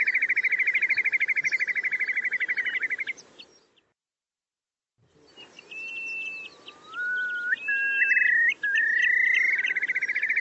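Bird giving a fast, even, buzzy trill that breaks off into brief silence, then clear rising whistled notes lead back into the rapid pulsed trill.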